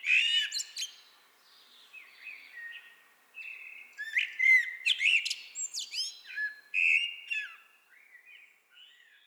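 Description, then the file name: Common blackbird singing: a rich warbled phrase with a high, squeaky twitter on top, then more fluty low notes and further chattering flourishes. "Turdus merula"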